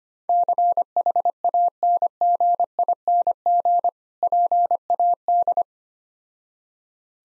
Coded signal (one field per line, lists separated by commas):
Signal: Morse code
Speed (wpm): 25 wpm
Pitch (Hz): 700 Hz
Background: none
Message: CHANGING PAD